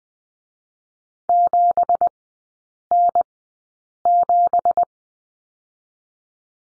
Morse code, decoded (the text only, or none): 7N7